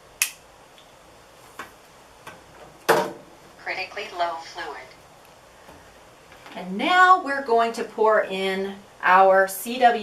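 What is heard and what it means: A therapy pad's quick-connect coupling is attached to the end of a supply hose, with loud, sharp snaps at 0.2 s and 2.9 s and a few fainter ticks in between, and the coupling clicks into place. Afterwards someone talks.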